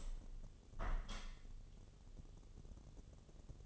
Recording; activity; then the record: daily activity, microphone in the room; open window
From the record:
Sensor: 4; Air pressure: 1015.8 hPa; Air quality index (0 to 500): 111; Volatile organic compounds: 2 ppm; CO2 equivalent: 1249 ppm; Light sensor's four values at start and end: 9/20/8/7 and 9/20/8/8